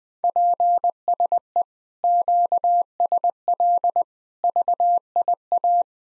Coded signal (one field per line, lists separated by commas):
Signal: Morse code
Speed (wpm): 20 wpm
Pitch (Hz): 700 Hz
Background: none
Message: PSE QSL VIA